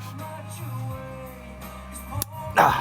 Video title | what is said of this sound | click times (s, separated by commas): Cadillac STS4 Camshaft/ crankshaft position sensor bank 2 replacement | You press down on here real hard and you'll hear a click. | 2.2 s